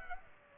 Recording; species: mosquito wingbeat signal from an infrared sensor; Aedes aegypti